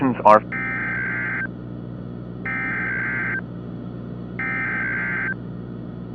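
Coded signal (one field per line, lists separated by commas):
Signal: Emergency Alert System (SAME) tones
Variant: header bursts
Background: speech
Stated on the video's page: Fictional EAS scenario for entertainment, using valid, loud SAME tones.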